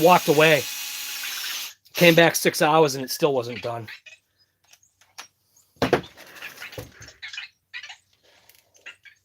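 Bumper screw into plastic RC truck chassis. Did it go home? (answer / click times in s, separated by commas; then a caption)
no / 5.8 s, 5.9 s. Someone talks over the first four seconds, then a screw is driven into the plastic bumper mount of a Redcat Kaiju RC truck chassis. Sharp clicks at 5.8 and 5.9 seconds are followed by faint scraping and rattling as the thread gives way. The bumper screw strips out.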